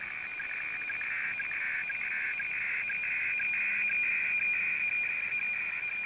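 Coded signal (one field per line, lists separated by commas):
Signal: weather fax (radiofax)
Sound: steady rough warbling tone band with a whistle on top and faint rhythmic ticks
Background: radio static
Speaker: see the the great legs coming up in the middle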